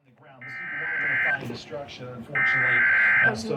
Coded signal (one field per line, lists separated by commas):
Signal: Emergency Alert System (SAME) tones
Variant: header bursts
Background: speech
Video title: STARLESS - EAS Alerts from 4/2/24 #21-37